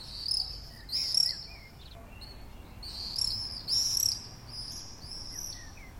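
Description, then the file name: Common swift giving several separate, piercing, buzzy screams, spaced out. Common swift calls, recorded 6 June 2014. "Mauerseglerrufe MS 06-06-2014"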